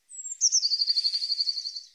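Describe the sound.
Eurasian blue tit call: a thin, very high note sliding down into a long, rapid, even trill of pulsed notes lasting over a second.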